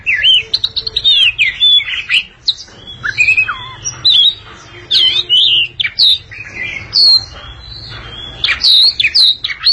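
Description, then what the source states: Oriental magpie-robin delivering loud, melodious whistled phrases and quick warbles in a steady series of bursts, with a faint hum underneath. Long-duration song.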